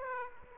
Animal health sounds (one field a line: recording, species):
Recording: mosquito wingbeat signal from an infrared sensor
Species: Aedes aegypti